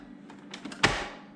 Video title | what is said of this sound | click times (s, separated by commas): Capuccino or Macchiato presets for small cup of coffee | there it goes it snaps into place and then it locks | 0.8 s